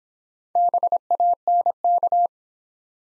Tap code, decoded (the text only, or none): none